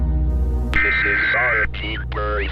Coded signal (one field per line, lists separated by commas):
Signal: Emergency Alert System (SAME) tones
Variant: header bursts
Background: speech